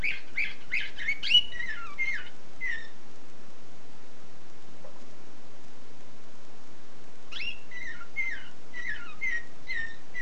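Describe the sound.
Canary song in two bursts of varied chirps and warbling notes, separated by a quiet gap of several seconds.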